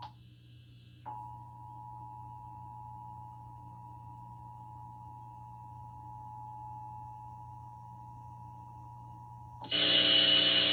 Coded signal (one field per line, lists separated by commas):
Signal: Emergency Alert System (SAME) tones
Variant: 853 and 960 Hz attention tone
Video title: (EAS #424-429) Required Monthly tests from 7/5/2022